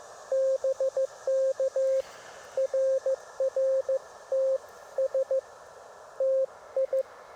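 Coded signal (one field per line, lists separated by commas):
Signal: Morse code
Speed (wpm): 15 wpm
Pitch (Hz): 500 Hz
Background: radio noise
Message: BK RR TS TI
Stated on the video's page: POTA CW activation, QRP portable, likely Penntek rig with Bioenno battery and end-fed half-wave antenna.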